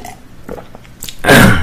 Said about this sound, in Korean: 아, 어쩜 좋을지 모르겠네, 이 기침.